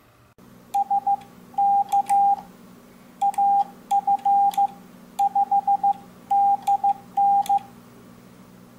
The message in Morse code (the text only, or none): SK AF5DN